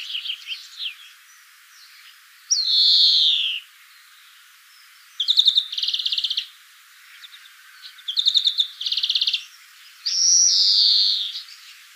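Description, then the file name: European greenfinch sings: a few short notes, a long wheezy buzz, then quick rattling trills, ending with another long wheezy buzz. "Chloris chloris"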